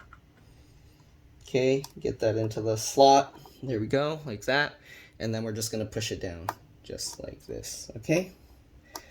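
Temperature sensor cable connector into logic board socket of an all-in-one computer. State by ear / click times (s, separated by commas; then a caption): seated / 9.0 s. A temperature sensor cable connector, held with its metal pins facing forward, is placed into its slot and pushed down into the logic board socket of a 27-inch Apple iMac Mid 2010 A1312 all-in-one computer while someone talks. A single sharp click at 9.0 s marks the connector seating, held in place by its latches.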